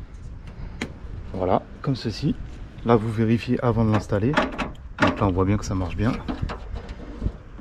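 A new trunk release button on a Renault Clio 3 is clipped onto its clip/connector the same way as the old one, with one sharp, short plastic click at 0.8 s. The button is seated, and someone talks for most of the clip.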